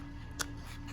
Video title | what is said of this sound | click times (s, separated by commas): Houston Cosmetic Dentist...Affordable appliance that looks just like veneers! No more gaps!! | you hear it snap this is a lower one | 0.4 s